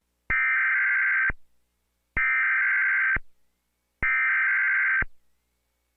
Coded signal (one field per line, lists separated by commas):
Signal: Emergency Alert System (SAME) tones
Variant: header bursts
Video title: EAS Short: hurricane Ian